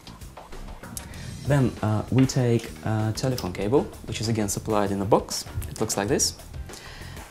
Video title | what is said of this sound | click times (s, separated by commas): How To Connect A Wireless Router | plug it in until it clicks then | 1.0 s